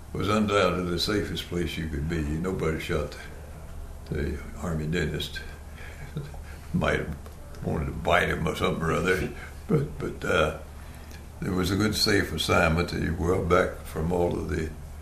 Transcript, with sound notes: was undoubtedly the safest place you could be. Nobody shot the army dentist. [Chuckling] Might have wanted to bite him or something or rather, but, but…it was a good safe assignment and you were back from all of the